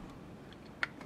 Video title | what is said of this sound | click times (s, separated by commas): Huge Store Haul w/2020 Hot Wheels Scania Rally Truck unboxing! New mainlines, Mutant Machines & more | So you can see in here, kind of slides back up in the trailer like this and snaps into place so that it does, it's not loose, it holds. | 0.8 s